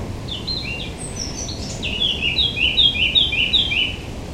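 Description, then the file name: Eurasian blackcap song opening with a soft, scratchy warble, then a loud, clear fluty run of about eight rapid notes, with steady noise behind. "Sylvia atricapilla"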